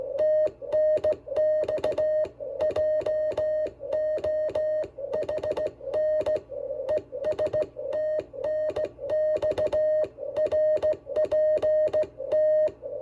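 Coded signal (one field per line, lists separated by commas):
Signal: Morse code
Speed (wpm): 16 wpm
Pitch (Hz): 620 Hz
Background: music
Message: TNX JOHN ES TNX RPT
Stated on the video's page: SKCC CW contact using a Venus SW-3B at 5 watts, cobweb antenna at 18 feet, Kent straight key.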